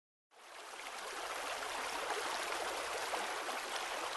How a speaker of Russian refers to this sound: Горы спали. Таежную тишину нарушал только глухой плеск стремительной воды на перекате, стонущие крики птиц да тысячеголосые хоры лягушек.